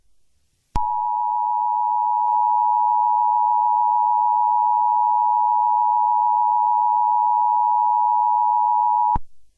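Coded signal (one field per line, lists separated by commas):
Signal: Emergency Alert System (SAME) tones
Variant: 853 and 960 Hz attention tone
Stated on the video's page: Mock EAS tones for tornado, severe thunderstorm and special marine warnings and a required weekly test.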